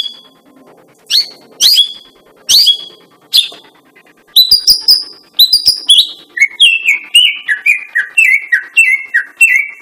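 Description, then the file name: Greater green leafbird song: spaced high chirps at first, then a rapid run of rich, repeated downslurred whistled notes. Female. "cucak ijo betina"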